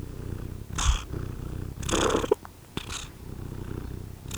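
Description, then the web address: Domestic cat purring in a steady low rumble, broken by several short rustling and knocking noises. Cat purring in a farmyard. "allathangok parasztudvar macska dorombol gorestanya"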